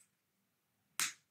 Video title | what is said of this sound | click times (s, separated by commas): Lego city 60450 nakladač 😎 | Dobre, to cvaklo celkom. | 1.0 s